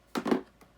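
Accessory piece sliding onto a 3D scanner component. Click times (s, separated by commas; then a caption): 0.2 s. A two-ended accessory piece from a 3D scanner kit is fitted small end first and slid up onto a scanner component during unboxing. A strong, sharp click at 0.2 s is followed by a softer knock around 0.3 s and a faint tap near 0.6 s. The piece seats with that click at 0.2 s.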